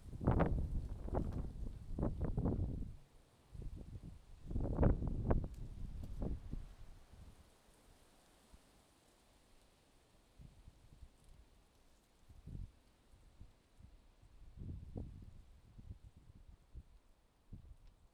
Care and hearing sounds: everyday scene through a hearing-aid microphone; wind on the microphone; wind, traffic, birds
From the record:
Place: suburban garden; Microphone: in the ear canal, left

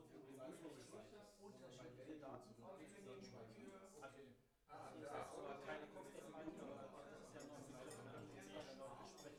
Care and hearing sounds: everyday scene through a hearing-aid microphone; many people talking; many voices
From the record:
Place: bistro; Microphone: behind the ear, left, rear

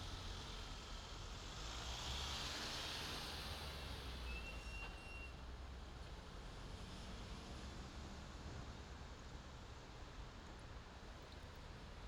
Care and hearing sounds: everyday scene through a hearing-aid microphone; in traffic; traffic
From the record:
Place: main city hub, rush hour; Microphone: in the ear canal, left

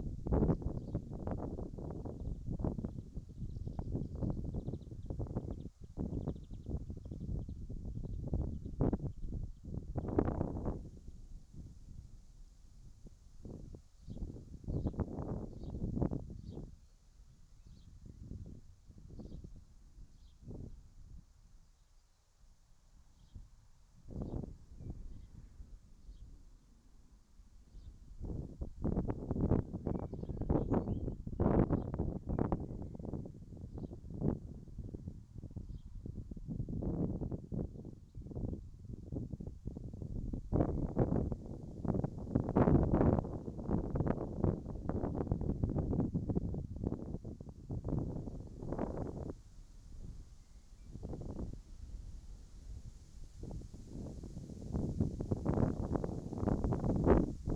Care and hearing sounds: everyday scene through a hearing-aid microphone; wind on the microphone; wind, whistling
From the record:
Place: in front of a rural house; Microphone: in the ear canal, right

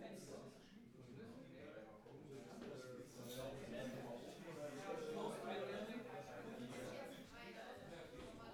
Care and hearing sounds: everyday scene through a hearing-aid microphone; many people talking; many voices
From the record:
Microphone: behind the ear, right, front

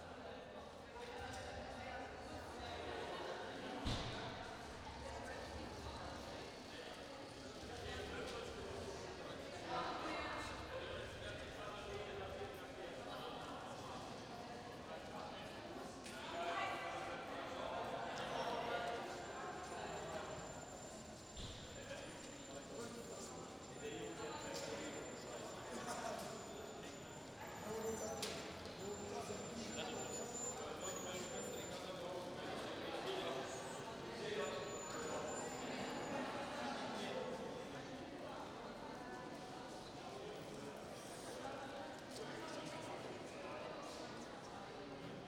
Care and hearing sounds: everyday scene through a hearing-aid microphone; reverberant space; background noise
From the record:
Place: railway station hall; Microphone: in the ear canal, right

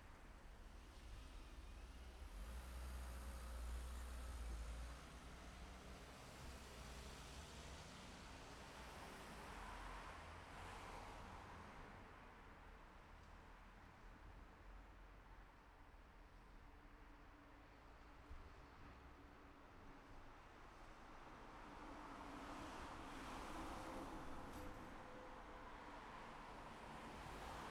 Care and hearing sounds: everyday scene through a hearing-aid microphone; in traffic; traffic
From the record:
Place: city secondary road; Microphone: behind the ear, left, rear

